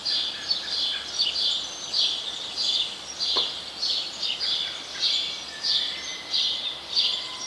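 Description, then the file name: House sparrow chirps, short bright notes repeated about one and a half times per second with a steady hiss, a single sharp click near the middle. "Passer domesticus"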